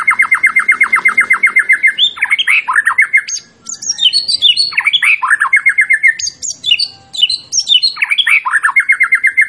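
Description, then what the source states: White-rumped shama song: fast repeated trills near one pitch alternating with varied rising and falling whistled phrases, loud and nearly continuous. Champion bird; masteran song used to train other birds.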